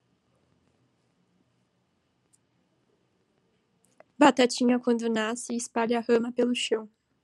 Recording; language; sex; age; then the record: short text; Brazilian Portuguese; female; 20 to 29 years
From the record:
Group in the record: control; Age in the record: 21 years